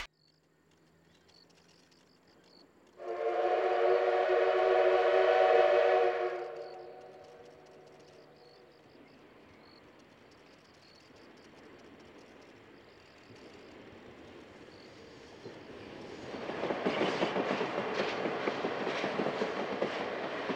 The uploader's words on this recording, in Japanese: JR左沢線を走るC11 325牽引の「SLおいしい山形秋まつり号」です。